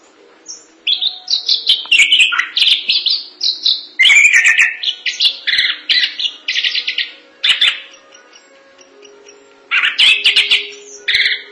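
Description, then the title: Thrush song: a rich, varied stream of loud whistled, buzzy and trilled phrases with a few short pauses. "burung anis"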